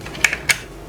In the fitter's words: कि ऐसे डालकर लॉक करना है ओके तो यह लॉक हो गया तो